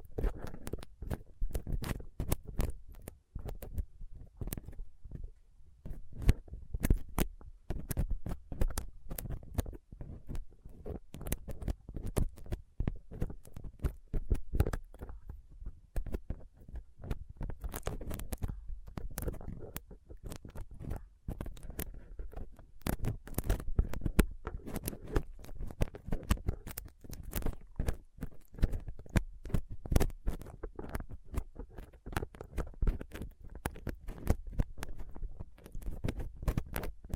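Rough scratching and picking at a microphone with a dental pick, tweezers and a cotton swab: dense, irregular clicks and scrapes throughout, steady.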